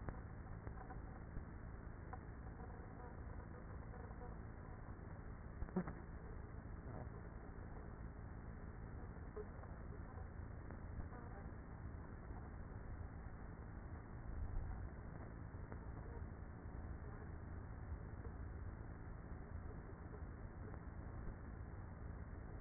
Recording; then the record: honeybee colony, microphone inside the hive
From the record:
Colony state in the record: queenless with a low population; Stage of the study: after two queens were removed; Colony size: about 30,000 bees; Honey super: no